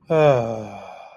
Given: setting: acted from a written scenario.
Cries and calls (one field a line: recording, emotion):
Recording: vocal sound without words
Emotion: serenity